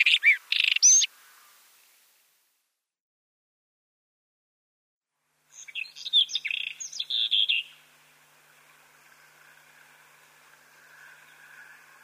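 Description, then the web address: White-throated robin song in two short scratchy bursts of mixed chirps and whistles separated by a few seconds of silence, followed by a faint steady hum. "Schulze Peter White-throated Robin song"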